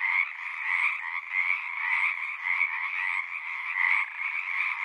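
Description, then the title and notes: Pacific tree frogs calling together, many rapid raspy croaks overlapping in a continuous, pulsing chorus. Large raucous community singing at the Frog Ponds of Magnusson Park, Seattle, Washington; recorded ORTF with a pair of Røde NT5 microphones on a Sound Devices 702. "Pacific Tree Frog. One local community here in Seattle is located in the Frog Ponds of Magnusson Park. Go there any spring or summer day near dusk or pre-dawn and you'll hear them singing their little hearts out"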